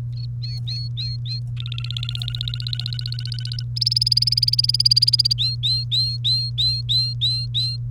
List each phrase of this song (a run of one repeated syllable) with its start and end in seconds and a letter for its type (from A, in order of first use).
0.42-1.40 A, 1.57-3.63 B, 3.77-5.33 C, 5.38-7.77 A